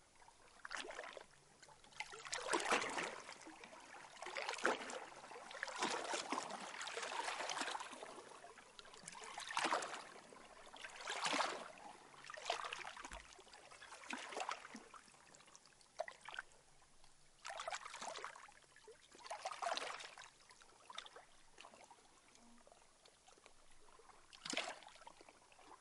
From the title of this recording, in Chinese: 千岛湖湖水